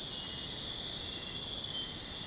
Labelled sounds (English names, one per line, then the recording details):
none
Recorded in secondary vegetation near Puerto Asís, Putumayo, Colombia, on 23 June 2025 at 02:00
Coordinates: 0.484, -76.319
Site G074